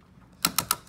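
The original plastic fuel filler cap on a 4th-gen (2003–2009) Toyota 4Runner, replaced to fix engine code P0456, is screwed onto the filler neck with barely any pressure until its ratchet clutch slips. After quiet rustling, three sharp clicks sound in quick succession at about 0.5, 0.6 and 0.7 seconds. The cap reaches its tightening limit.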